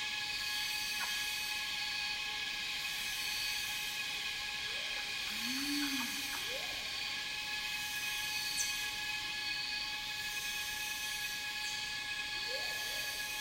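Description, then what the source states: Cicadas drone in a high, continuous buzz that swells periodically; a low, arched bird hoot and a few rising whistles sound beneath it. Cicadas in a rainforest, recorded together with birds.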